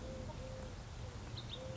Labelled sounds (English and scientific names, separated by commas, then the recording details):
Eurasian Collared Dove (Streptopelia decaocto)
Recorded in Sonoma County, California